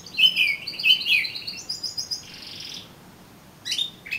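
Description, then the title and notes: Oriental magpie-robin song: clear slurred whistles and a buzzy rasping note, then a short silence and a final sharp burst. "suara kacer. kumpulan suara burung kacer"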